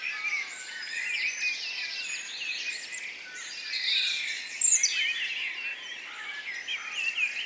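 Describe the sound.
Birds chirping together in a dense chorus of high twitters and trills, a sharp bright note standing out near the middle.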